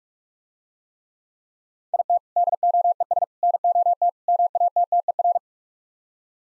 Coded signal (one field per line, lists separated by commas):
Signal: Morse code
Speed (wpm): 48 wpm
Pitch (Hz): 700 Hz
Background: none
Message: IT DOES NOT MATTER